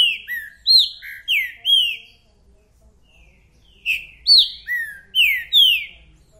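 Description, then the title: Green-winged saltator giving repeated song phrases of rich down-slurred whistles, two phrases of about five notes separated by a two-second pause. A 'repeater' that sings one song after another. "TRINCA FERRO MERCENARIO"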